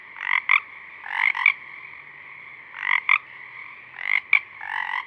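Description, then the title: Pacific chorus frog producing buzzy paired croaks at uneven intervals, backed by a steady chorus of other frogs. A few small frogs singing at dusk, recorded through a parabolic reflector. "Pacific Chorus Frogs (Pseudacris regilla), dusk, Parabolic"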